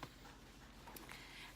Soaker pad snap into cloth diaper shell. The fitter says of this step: So you just snap each snap into place.